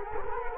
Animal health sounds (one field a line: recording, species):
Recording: mosquito wingbeat signal from an infrared sensor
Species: Culex quinquefasciatus